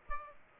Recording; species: mosquito wingbeat signal from an infrared sensor; Aedes aegypti